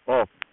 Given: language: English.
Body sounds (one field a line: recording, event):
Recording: throat vibration sensor signal played as sound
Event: speech